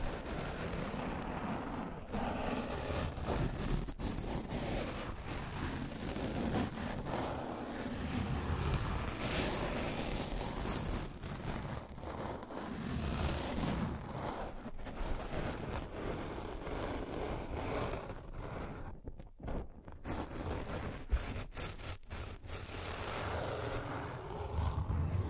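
Continuous rough scratching and tracing, a dense rasping texture with scattered sharp clicks, briefly thinning and breaking up around nineteen seconds.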